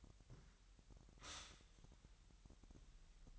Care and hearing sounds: daily activity, microphone in the room; stop toaster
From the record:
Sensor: 3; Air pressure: 1002.0 hPa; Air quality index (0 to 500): 246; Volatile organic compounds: 50 ppm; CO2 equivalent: 3291 ppm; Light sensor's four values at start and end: 13/40/17/15 and 13/40/17/15

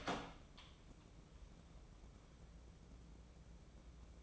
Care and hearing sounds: daily activity, microphone in the room; open door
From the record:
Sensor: 1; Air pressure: 1012.4 hPa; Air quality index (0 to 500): 164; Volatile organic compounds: 3 ppm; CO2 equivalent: 1347 ppm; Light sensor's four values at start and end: 826/1831/843/983 and 826/1826/842/981

